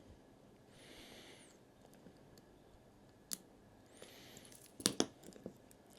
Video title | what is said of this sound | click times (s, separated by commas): TAG Heuer F1 Watch Battery Replacement, Didn't Go As Planned! Must Watch Before Attempting Repair. | and then lock into place like that | 4.9 s, 5.0 s